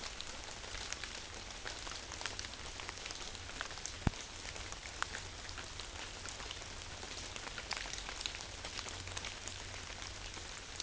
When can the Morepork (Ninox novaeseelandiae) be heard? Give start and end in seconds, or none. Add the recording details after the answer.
none. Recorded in New Zealand on 11 September 2013. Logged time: 02:19. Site Ponui